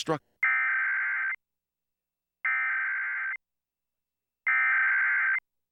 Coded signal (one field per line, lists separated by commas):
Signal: Emergency Alert System (SAME) tones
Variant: header bursts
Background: speech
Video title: WKBW EAS TEST FAIL